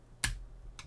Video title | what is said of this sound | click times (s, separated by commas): How to swap an SSD from 11inch to 13 inch MacBook Air without re-installing macOS | there it goes snapped right in | 0.2 s